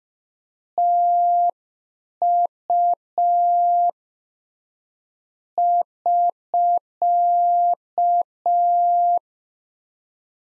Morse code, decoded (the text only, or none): TU <SK>